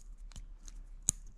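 A crimped pin terminal on a 16 gauge wire is pushed into a cavity of a plastic connector shell on a pigtail for a truck's fuse/relay block, with its tang lined up with the hole on top. After faint rustling, a sharp click comes at 1.1 s and the pin is seated. Another brief tick follows at 1.4 s.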